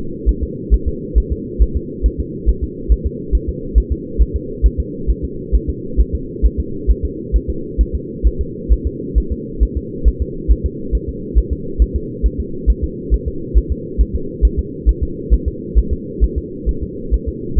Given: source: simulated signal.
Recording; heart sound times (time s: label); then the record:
fetal heart sounds
0.29 s: S1
0.43 s: S2
0.74 s: S1
0.88 s: S2
1.18 s: S1
1.32 s: S2
1.62 s: S1
1.77 s: S2
2.06 s: S1
2.20 s: S2
2.49 s: S1
2.64 s: S2
2.92 s: S1
3.06 s: S2
3.35 s: S1
3.49 s: S2
3.78 s: S1
3.92 s: S2
4.22 s: S1
4.36 s: S2
4.66 s: S1
4.80 s: S2
5.10 s: S1
5.25 s: S2
5.55 s: S1
5.70 s: S2
6.01 s: S1
6.15 s: S2
6.46 s: S1
6.60 s: S2
6.91 s: S1
7.05 s: S2
7.36 s: S1
7.50 s: S2
7.81 s: S1
7.95 s: S2
8.27 s: S1
8.41 s: S2
8.72 s: S1
8.87 s: S2
9.18 s: S1
9.32 s: S2
9.63 s: S1
9.77 s: S2
10.08 s: S1
10.22 s: S2
10.52 s: S1
10.66 s: S2
10.95 s: S1
11.09 s: S2
11.38 s: S1
11.53 s: S2
11.82 s: S1
11.96 s: S2
12.26 s: S1
12.40 s: S2
12.70 s: S1
12.84 s: S2
13.14 s: S1
13.28 s: S2
13.58 s: S1
13.72 s: S2
14.01 s: S1
14.16 s: S2
14.45 s: S1
14.59 s: S2
14.89 s: S1
15.03 s: S2
15.34 s: S1
15.48 s: S2
15.78 s: S1
15.93 s: S2
16.24 s: S1
16.38 s: S2
16.69 s: S1
16.83 s: S2
17.14 s: S1
17.28 s: S2
17.59 s: S1
From the record:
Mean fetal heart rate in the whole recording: 135 bpm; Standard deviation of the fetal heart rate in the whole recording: 3 bpm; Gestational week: 34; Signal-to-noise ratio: -4.3 dB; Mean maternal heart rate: 72 bpm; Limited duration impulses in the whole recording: absent